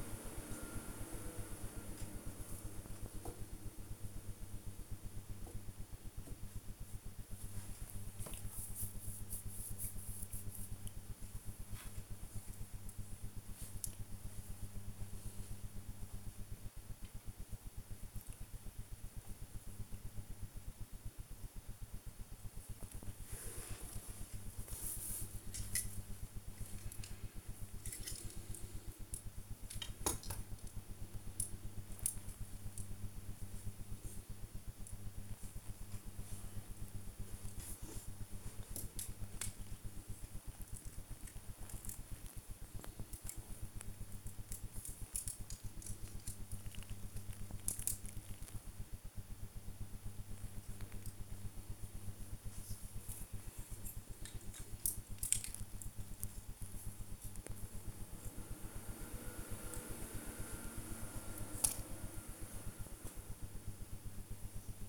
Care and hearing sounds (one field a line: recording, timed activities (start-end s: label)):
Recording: household activities, microphone on the right wrist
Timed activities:
0.00-64.89 s: build with lego